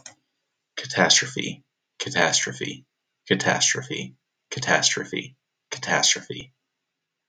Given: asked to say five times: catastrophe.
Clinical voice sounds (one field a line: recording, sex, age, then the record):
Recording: repeated word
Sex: male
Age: 20 to 29 years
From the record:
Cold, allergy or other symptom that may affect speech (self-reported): no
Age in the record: 27 years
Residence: Colorado, United States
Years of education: 16